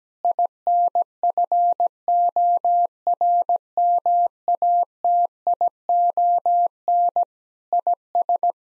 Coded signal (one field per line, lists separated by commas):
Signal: Morse code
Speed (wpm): 17 wpm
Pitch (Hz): 700 Hz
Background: none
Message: INFORMATION IS